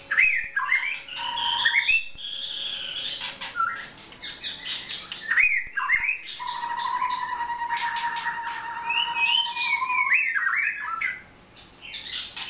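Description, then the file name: White-rumped shama song mixing quick warbled flourishes with a long, steady whistled note held for several seconds. Vietnam. "shama vietnam omkicau"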